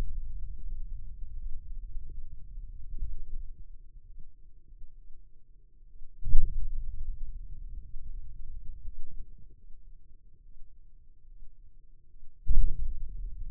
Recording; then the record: forearm muscle sounds (acoustic myography)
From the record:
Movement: hand opening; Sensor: system 2, bracelet of six BSWA MPA416 microphones around the upper forearm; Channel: 6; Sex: male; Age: 22 years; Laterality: right